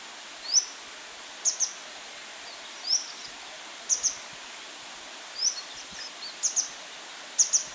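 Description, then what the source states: Grey wagtail giving crisp high single and paired calls, spaced irregularly about a second apart, over soft steady background noise. Recorded on 25 June 2018.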